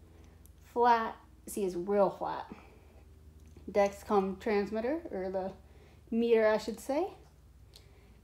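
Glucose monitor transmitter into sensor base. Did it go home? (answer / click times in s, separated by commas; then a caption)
yes / 7.8 s. Someone talks while showing a flat plastic Dexcom G6 continuous glucose monitor transmitter, then presses it into the sensor base housing worn on the body. A short sharp click at 7.8 s marks the transmitter seating in the sensor base.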